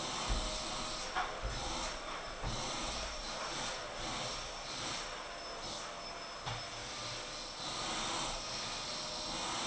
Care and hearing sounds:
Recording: daily activity, microphone in the room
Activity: vacuum cleaning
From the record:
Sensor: 5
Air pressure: 988.8 hPa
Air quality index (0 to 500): 236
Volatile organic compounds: 200 ppm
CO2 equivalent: 4213 ppm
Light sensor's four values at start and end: 40/124/48/51 and 40/124/48/51

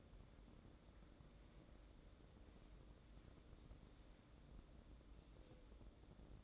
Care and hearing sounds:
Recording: daily activity, microphone in the room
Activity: wipe stove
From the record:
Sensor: 3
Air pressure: 1012.3 hPa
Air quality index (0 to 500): 178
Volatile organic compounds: 3 ppm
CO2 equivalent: 1366 ppm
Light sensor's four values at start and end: 570/1416/585/600 and 569/1414/584/598

